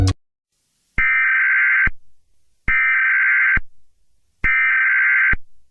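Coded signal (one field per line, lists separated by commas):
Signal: Emergency Alert System (SAME) tones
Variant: header bursts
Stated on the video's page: Fictional alert tones in an Among Us-themed EAS scenario.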